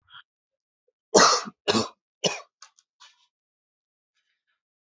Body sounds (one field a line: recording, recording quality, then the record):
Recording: shallow voluntary cough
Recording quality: excellent, no background noise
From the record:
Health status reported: COVID-19 positive, mild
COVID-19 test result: positive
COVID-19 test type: RT-PCR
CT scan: not taken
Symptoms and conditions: cough, cold, fever, fatigue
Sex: male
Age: 26 years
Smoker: no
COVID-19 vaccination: both doses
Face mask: not worn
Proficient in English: yes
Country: India